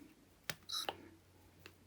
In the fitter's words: pops right in